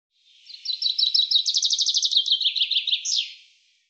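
Common chaffinch song: rapid high trills that quicken, then descend in lower notes and finish with a sharp downward flourish, heard against silence.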